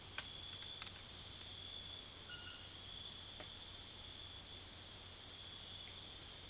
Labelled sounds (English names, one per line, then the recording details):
none
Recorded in secondary vegetation near Puerto Asís, Putumayo, Colombia, on 23 June 2025 at 00:30
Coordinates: 0.500, -76.326
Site GP08